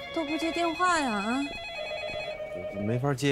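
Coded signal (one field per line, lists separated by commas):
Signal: none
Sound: telephone ringtone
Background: speech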